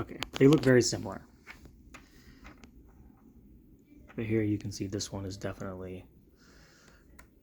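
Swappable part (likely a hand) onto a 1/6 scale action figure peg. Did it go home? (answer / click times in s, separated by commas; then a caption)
yes / 7.2 s. A swappable plastic part, most likely a hand, is pushed onto the peg of a Hot Toys Arkham Knight Batgirl 1/6 scale action figure. Someone talks at the start and again in the middle, with a few faint taps and handling sounds in between. The part pops into place with a short, sharp click at 7.2 s.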